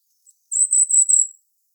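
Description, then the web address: Goldcrest call: a faint brief note, then a very high, thin, sustained piping note lasting nearly a second, slightly wavering in loudness. "regulus regulus call"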